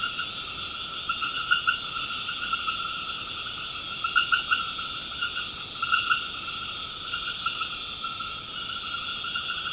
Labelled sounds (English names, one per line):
none